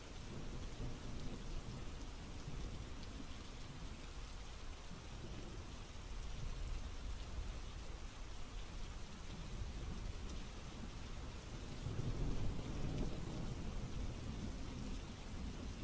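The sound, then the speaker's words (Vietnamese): Heavy rain pours down through foliage in a deep mountain ravine, a dense hiss of drops with low rumbling gusts of wind blowing along the narrow clefts and swelling now and then, loudest near the end. No one speaks. “Những hạt mưa len qua kẽ lá rơi xuống người chúng tôi.”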